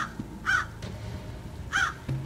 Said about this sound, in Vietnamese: Một tiếng quạ đen trút lên từ đâu đó khiến cho anh Thạch giật thót mình.